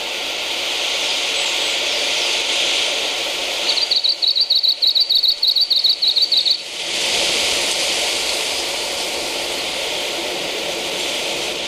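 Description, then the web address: Japanese leaf warbler song: a rapid trill of repeated high notes lasting about three seconds, against a broad background hiss. "sikioto. mebosomushikui"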